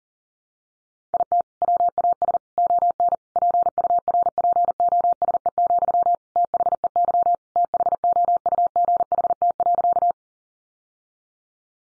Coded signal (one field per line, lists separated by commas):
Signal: Morse code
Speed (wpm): 40 wpm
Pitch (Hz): 700 Hz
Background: none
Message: IT WAS ON PURPOSE, THEY THOUGHT.